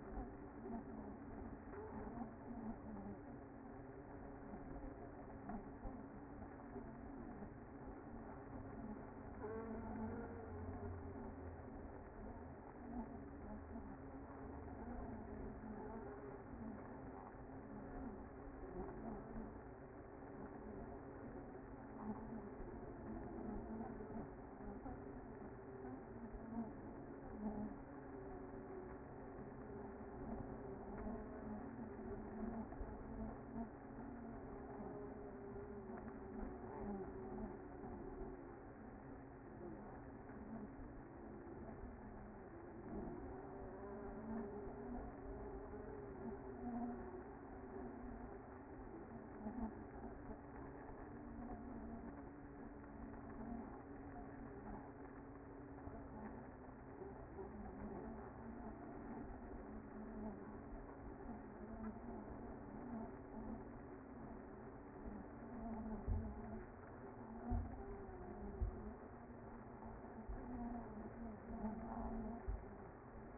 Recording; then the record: honeybee colony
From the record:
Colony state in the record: active